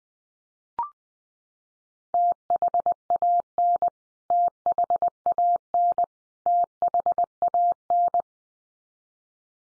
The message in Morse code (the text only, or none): THAN THAN THAN